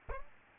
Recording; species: mosquito wingbeat signal from an infrared sensor; Aedes albopictus